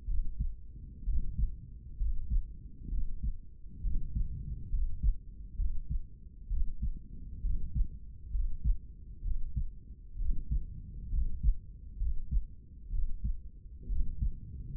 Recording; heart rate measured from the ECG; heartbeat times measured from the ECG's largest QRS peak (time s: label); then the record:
heart sounds by stethoscope; 65 bpm
0.09 s: heartbeat
1.07 s: heartbeat
2.00 s: heartbeat
2.92 s: heartbeat
3.84 s: heartbeat
4.73 s: heartbeat
5.59 s: heartbeat
6.51 s: heartbeat
7.44 s: heartbeat
8.34 s: heartbeat
9.25 s: heartbeat
10.20 s: heartbeat
11.13 s: heartbeat
12.01 s: heartbeat
12.93 s: heartbeat
13.90 s: heartbeat
From the record:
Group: healthy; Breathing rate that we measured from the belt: 18 breaths a minute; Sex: male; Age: 30 years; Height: 188 cm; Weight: 110.2 kg